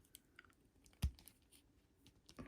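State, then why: Partly seated. A swapped plastic head is pushed onto an S.H. Figuarts Vegeta action figure's ball-jointed neck peg, and a small click is heard at 1.0 s among faint scattered taps. The head clicks on but still sits strangely on the neck afterward.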